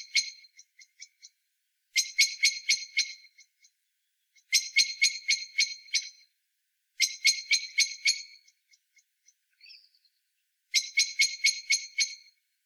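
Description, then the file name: Common blackbird chattering in four bursts of fast, clipped notes spaced a few seconds apart, with scattered single clicks and a brief soft sound between. "Turdus merula"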